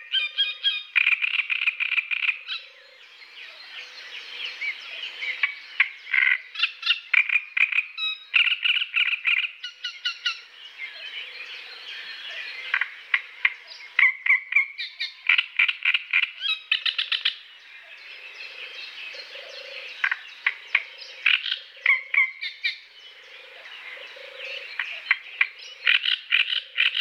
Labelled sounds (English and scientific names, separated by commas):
Great Reed Warbler (Acrocephalus arundinaceus) song